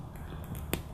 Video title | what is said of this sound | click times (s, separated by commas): How To Terminate a Two Piece High Performance Cat6 Connector | And right there it snapped. Makes sort of a snap and it's ready to go. | 0.7 s